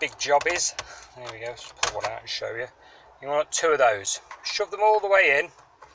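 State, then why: Not seated. Someone talks while handling metal radio release keys for a Vauxhall Zafira's factory car radio head unit, getting two of them ready to push all the way into the unit's slots. Nothing has seated or clicked into place yet.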